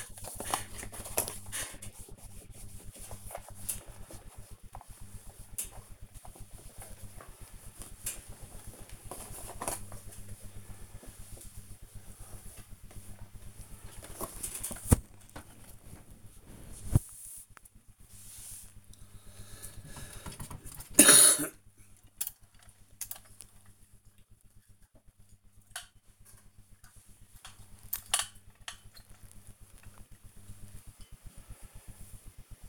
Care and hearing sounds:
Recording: household activities, microphone on the right wrist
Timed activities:
0.00-32.69 s: dusting model cars

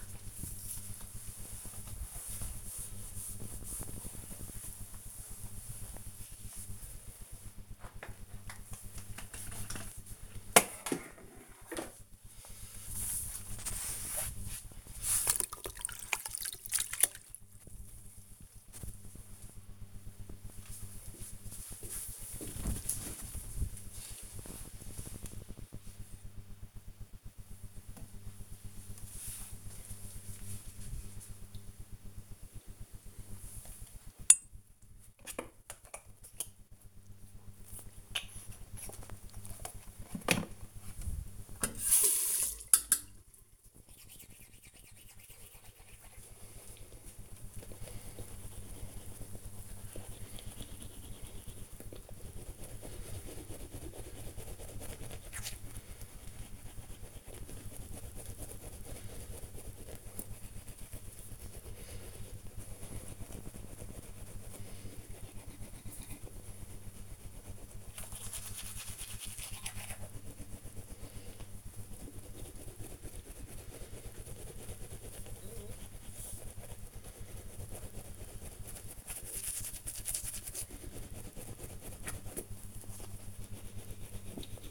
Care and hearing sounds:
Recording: household activities, microphone on the right wrist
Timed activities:
0.00-11.74 s: floor cleaning
33.85-84.71 s: brushing teeth

